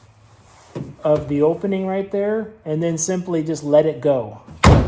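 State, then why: Seated. Someone talks while the manual steel hood of a 2019 Hyundai Tucson SE, which has no assist, is lowered to about one foot from closed after a battery replacement. The hood is let go and drops into its hood latch with a loud, sharp slam at 4.6 s, and it latches shut.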